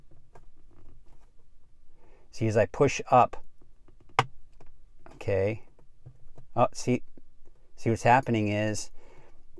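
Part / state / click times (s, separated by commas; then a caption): plastic cover plate into the touchscreen mount in a car dashboard / seated / 4.2 s. Someone talks while pushing up on a plastic cover plate behind a car dashboard touchscreen to snap an unseated spot of it into the touchscreen mount. A single loud, sharp snap sounds at 4.2 seconds as the plate seats, and the talking continues afterward.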